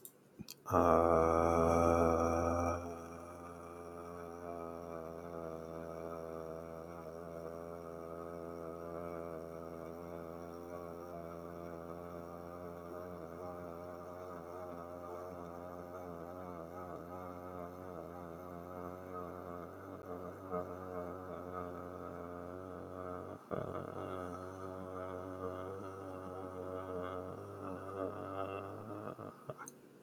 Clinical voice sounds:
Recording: vowel held as long as possible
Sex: male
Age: 30 to 39 years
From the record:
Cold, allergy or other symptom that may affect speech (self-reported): no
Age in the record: 31 years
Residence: Florida, United States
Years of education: 16

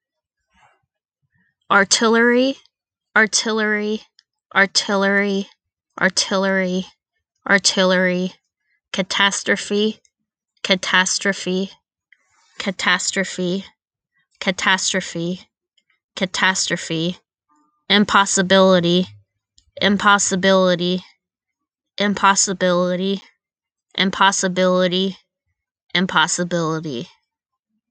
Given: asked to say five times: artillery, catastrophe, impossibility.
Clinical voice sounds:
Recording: three words, each repeated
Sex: female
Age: 20 to 29 years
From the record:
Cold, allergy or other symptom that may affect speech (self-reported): no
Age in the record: 25 years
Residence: New Jersey, United States

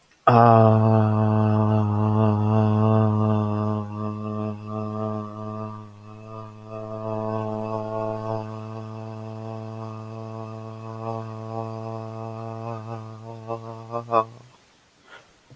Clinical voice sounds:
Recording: vowel held as long as possible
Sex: male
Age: 20 to 29 years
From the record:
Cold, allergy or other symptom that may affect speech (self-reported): no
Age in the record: 22 years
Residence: Georgia, United States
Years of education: 16

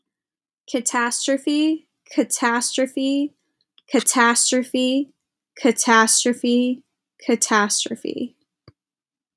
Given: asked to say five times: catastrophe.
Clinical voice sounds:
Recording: repeated word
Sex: female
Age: 20 to 29 years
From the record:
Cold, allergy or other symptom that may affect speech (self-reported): no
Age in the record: 29 years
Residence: Massachusetts, United States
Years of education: 20

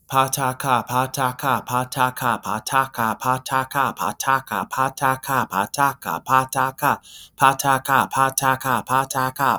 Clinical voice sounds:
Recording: repeated syllables /pa ta ka/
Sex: male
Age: 30 to 39 years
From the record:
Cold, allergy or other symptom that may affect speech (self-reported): no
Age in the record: 39 years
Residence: Wyoming, United States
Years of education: 16

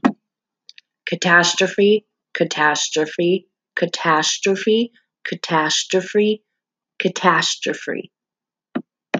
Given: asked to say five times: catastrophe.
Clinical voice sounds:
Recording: repeated word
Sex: female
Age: 30 to 39 years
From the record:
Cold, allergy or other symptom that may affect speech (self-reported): no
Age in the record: 35 years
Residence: Nebraska, United States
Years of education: 12

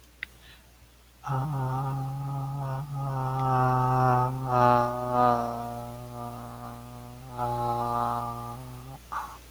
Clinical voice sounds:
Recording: vowel held as long as possible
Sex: male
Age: 30 to 39 years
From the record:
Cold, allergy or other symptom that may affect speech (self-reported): no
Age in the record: 32 years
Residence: New York, United States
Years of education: 16

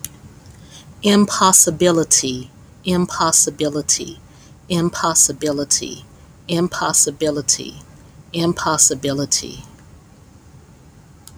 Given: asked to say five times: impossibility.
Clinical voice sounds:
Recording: repeated word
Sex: female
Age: 40 to 49 years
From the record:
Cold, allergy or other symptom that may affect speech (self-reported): no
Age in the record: 42 years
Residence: Georgia, United States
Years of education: 16

